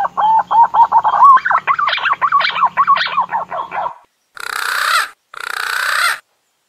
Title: BURUNG PUNAI GACOR UNTUK PIKAT DI ALAM